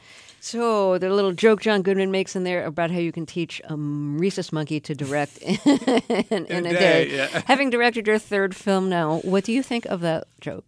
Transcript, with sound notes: So the little joke John Goodman makes in there about how you can teach a rhesus monkey to direct in a day...
In a day, yeah.
(LAUGHTER)
Having directed your third film now, what do you think of that joke?